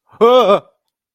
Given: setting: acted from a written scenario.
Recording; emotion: vocal sound without words; fear